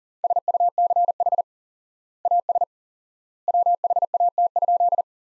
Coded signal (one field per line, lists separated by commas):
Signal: Morse code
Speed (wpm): 40 wpm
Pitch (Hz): 700 Hz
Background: none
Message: SUCH AS WHAT?